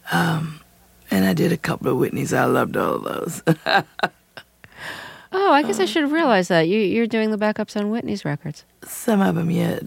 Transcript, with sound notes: And I did a couple of Whitney's. I loved all of those (laughter).
Oh, I guess I should have realized that. You're doing the backups on Whitney's records.
Some of them, yeah.